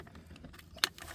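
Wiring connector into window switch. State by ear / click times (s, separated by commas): seated / 0.8 s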